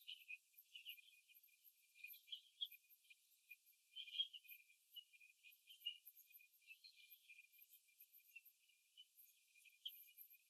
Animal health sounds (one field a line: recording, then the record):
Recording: young laying hens in a cage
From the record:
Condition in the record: before the stressor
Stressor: simulated dog barking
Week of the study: 2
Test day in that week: 3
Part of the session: 1